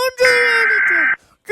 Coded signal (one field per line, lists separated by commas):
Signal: Emergency Alert System (SAME) tones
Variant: header bursts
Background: speech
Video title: Ranking EAS Alarm in Defrant contrys